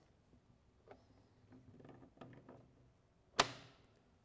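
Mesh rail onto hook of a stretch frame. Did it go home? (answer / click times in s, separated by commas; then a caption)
yes / 3.4 s. After being lubed, the mesh-holding rail of a screen printing stretch frame is pulled over the last hook. A few faint scrapes and light ticks come first, then the rail snaps over with a single sharp, bright tap at 3.4 seconds. It seats easily with no problem.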